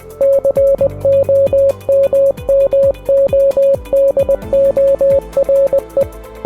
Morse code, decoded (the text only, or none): COMMODORE